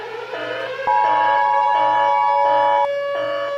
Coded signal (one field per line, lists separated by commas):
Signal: Emergency Alert System (SAME) tones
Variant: 853 and 960 Hz attention tone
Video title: 🌈🎨 | Demodogs: A Stranger Things EAS scenario #3